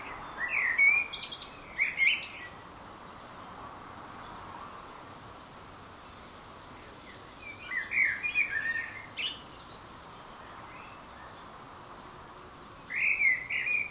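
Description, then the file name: Common blackbird calls come in three bursts of scratchy, warbling mid-high notes, at the start, around eight seconds and at the very end, over a steady faint hiss. "Turdus merula"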